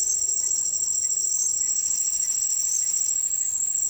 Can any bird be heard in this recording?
no